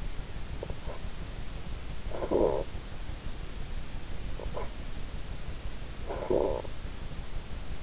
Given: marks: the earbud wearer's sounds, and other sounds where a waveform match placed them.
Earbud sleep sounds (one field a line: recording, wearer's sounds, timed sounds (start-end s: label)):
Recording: sounds in sleep by an in-ear microphone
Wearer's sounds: snoring breath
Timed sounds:
1.34-3.28 s: snoring breath
5.45-7.51 s: snoring breath